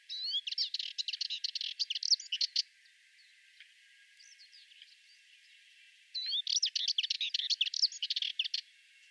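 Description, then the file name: Sardinian warbler song: two fast, scratchy, rattling phrases separated by a long quiet gap. "Fauvette melanocephale"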